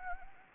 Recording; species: mosquito wingbeat signal from an infrared sensor; Anopheles gambiae